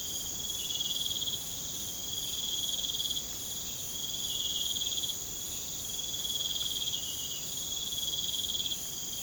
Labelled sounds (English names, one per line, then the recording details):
none
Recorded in pastures near Puerto Asís, Putumayo, Colombia, on 22 June 2025 at 00:30
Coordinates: 0.472, -76.331
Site G095